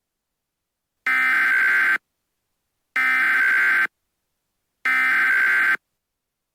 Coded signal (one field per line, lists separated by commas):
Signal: Emergency Alert System (SAME) tones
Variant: header bursts